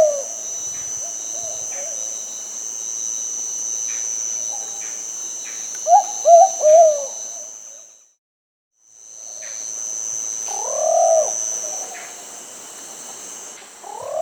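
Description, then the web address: Plumbeous pigeon giving low, soft cooing phrases: a three-note phrase midway, another rounded coo later, over a steady high insect drone with a brief silent gap. South America. "Natures Songs S America Plumbeous Pigeon"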